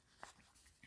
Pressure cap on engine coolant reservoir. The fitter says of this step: feel and hear a visible click when you lock it in place